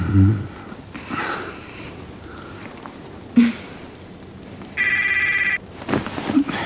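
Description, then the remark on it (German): A mobile phone rings with one short, bright electronic trill lasting under a second, amid soft rustling, sniffing and breathy noises. “Wo ist das Handy?”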